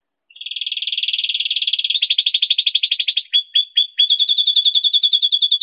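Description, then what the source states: Songbird delivering a rapid, rattling high trill that breaks into slower pulses and a few sharp notes, then resumes as a quick, even trill. Birdsong used as master recordings to train songbirds.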